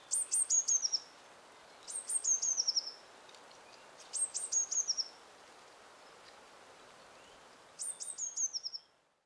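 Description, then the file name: Eurasian blue tit, four bursts of sharp, high-pitched descending notes, quickly strung together and spaced two to four seconds apart, with faint hiss behind. "Cyanistes caeruleus"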